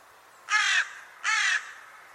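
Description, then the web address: Bird uttering two rasping, grating calls in quick succession, each lasting about a third of a second, with little else audible. "cianscape birddata Deverinetal 2025 Bird Only Co Co Co Co"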